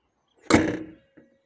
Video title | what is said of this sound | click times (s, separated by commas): How To Open Hyundai i10 Hood/ Bonnet (Working) | you heard a good click there. | 0.5 s